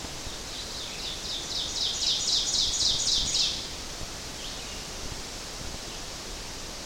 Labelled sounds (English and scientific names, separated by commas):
Ovenbird (Seiurus aurocapilla) song